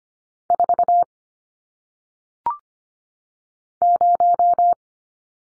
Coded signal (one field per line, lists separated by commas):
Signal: Morse code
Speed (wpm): 25 wpm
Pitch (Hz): 700 Hz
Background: none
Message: 4 0